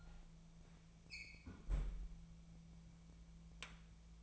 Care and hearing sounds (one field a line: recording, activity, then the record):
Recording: daily activity, microphone in the room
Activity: close fridge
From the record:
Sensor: 1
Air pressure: 1000.0 hPa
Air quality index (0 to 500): 133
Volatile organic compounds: 2 ppm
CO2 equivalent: 1260 ppm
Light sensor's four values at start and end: 37/94/39/48 and 37/94/40/49